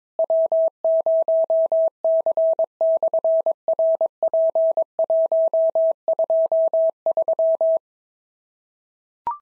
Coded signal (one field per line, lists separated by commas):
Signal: Morse code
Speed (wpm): 22 wpm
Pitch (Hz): 650 Hz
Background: none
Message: W0C/RP123